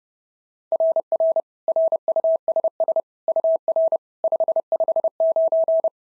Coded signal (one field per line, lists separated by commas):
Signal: Morse code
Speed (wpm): 26 wpm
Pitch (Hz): 650 Hz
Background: none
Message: RR RUSS UR 559